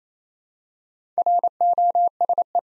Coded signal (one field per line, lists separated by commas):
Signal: Morse code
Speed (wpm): 28 wpm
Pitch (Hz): 700 Hz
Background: none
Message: ROSE